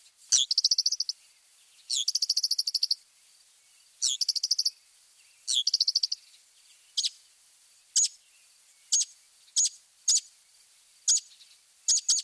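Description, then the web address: Northern mockingbird song: four high, rapid trills, then a series of short sharp notes. Mimicry in the song of the Northern mockingbird, from a birding-by-ear guide to eastern and central North America. "Birding by Ear, Eastern and Central North America - Peterson Guides. Mimics Northern Mockingbird"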